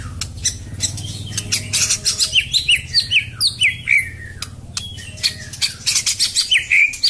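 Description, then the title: White-rumped shama song: quick series of high slurred whistles and sharp ticks, repeated rapidly, over a low steady background hum. Singing recording from Medan used as a training tape to teach cage birds to sing. "Suara murai batu medan super"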